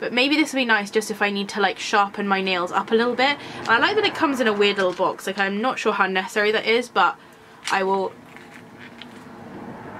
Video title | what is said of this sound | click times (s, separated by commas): BEAUTIFUL MONSTER BOX - Spooky Box Club June Unboxing | Okay, it doesn't click, it just shuts. | none